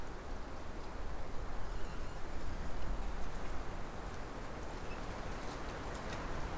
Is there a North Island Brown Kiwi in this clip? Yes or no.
no